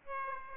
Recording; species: mosquito wingbeat signal from an infrared sensor; Aedes aegypti